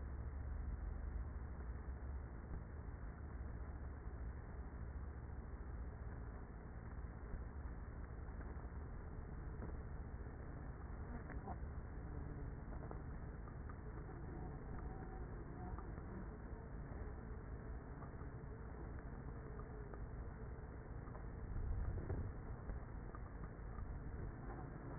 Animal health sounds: honeybee colony, microphone inside the hive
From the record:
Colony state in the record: queenless with a low population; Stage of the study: after two queens were removed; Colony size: about 30,000 bees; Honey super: no

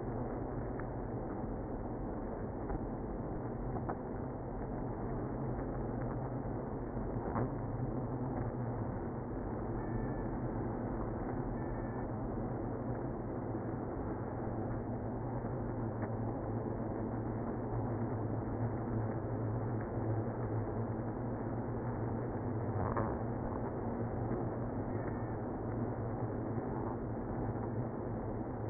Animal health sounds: honeybee colony, microphone inside the hive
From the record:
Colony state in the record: queenless (queen removed); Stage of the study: after two queens were removed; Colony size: about 60,000 bees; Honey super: yes

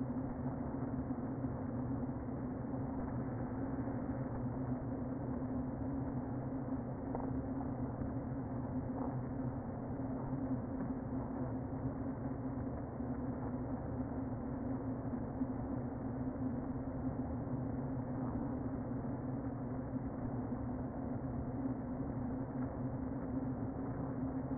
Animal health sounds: honeybee colony, microphone inside the hive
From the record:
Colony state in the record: queen present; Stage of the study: before two queens were removed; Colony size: about 60,000 bees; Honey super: yes

